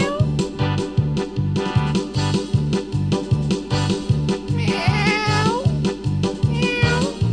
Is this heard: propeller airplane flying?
no